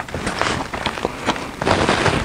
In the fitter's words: and it clicks right in